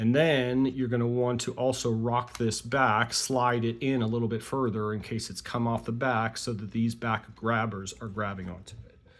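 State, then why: Not seated. Someone talks while the bottom half of a slim plastic clip-together clamshell case is rocked back and slid further onto an Nvidia Jetson Orin Nano single-board computer so the rear grabbers catch onto the board. Only speech is heard, and nothing has seated or clicked yet.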